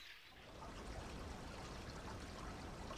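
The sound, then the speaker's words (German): A steady, soft gurgling trickle of water moving inside the trunk of a birch tree, heard through earpieces, continuous and even for the whole stretch with no voices. “Ja, ich höre es wirklich plätschern, aus dem Baumstamm.”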